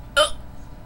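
A single sudden, sharp hiccup from an adult woman late at night, with hiccups that come and go for about 15-20 minutes and keep her from falling asleep: a brief voiced 'hic' in a quiet room, followed by faint low background hum. It is an ordinary hiccup, an involuntary spasm of the diaphragm with abrupt closure of the vocal cords.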